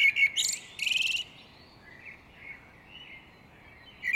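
Great tit calls: loud harsh buzzy churrs at the start, then soft scattered chirps and a final sharp note.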